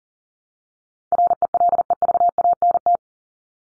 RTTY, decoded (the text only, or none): none